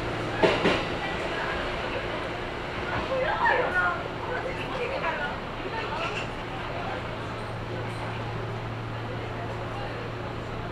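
A Kintetsu local train ride: a steady low electric hum with a fainter higher whine holds throughout. Voices and a few sharp knocks come in the first four seconds, after which the hum carries on almost alone with light rustling.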